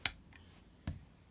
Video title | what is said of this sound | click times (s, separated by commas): Hot Wheels Star Wars Boba Fett's Slave I | Peg it in a port like so, hear that click, and | 0.1 s